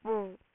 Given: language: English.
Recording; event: throat vibration sensor signal played as sound; speech